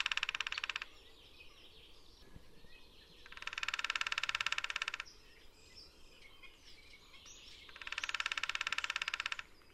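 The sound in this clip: Lesser spotted woodpecker gives three rapid runs of sharp, evenly spaced notes, the first cut off at the start and the others about two seconds long, separated by gaps with background noise.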